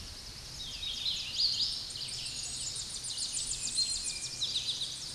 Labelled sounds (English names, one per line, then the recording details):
Hooded Warbler song
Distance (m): 135 m
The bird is about 20 m above the microphone
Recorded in a Pennsylvania forest on 16 May 2024 at 09:50
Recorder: AudioMoth, point MSD-2143
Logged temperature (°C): 16.0 °C
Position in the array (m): -70 m, 186 m